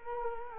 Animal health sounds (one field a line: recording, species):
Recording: mosquito wingbeat signal from an infrared sensor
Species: Culex quinquefasciatus